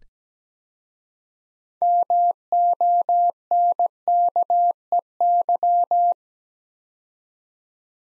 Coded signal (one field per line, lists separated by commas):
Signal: Morse code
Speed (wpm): 17 wpm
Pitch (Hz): 700 Hz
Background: none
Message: MONKEY